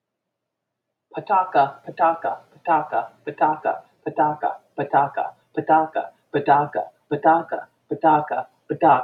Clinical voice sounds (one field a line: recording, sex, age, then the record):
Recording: repeated syllables /pa ta ka/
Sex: female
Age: 50 to 59 years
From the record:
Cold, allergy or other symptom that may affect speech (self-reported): no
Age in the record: 59 years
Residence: Florida, United States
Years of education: 16